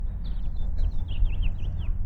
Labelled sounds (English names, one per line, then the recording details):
House Finch song
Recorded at North Valley Stream on Long Island, New York, on 17 June 1975
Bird E